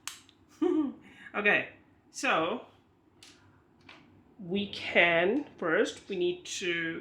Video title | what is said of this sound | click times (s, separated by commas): This Piranha Plant Is Actually a Switch 2 Camera?! - Hori Unboxing | Okay. And see the snap? It's a really satisfying snap. | 0.1 s